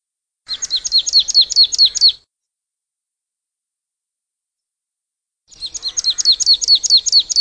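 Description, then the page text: Marsh tit giving two rapid trains of repeated high, slurred notes separated by a few seconds of silence. Playback recording used for a marsh tit survey. "Hampshire Ornithological Society 2023 Marsh Tit Survey"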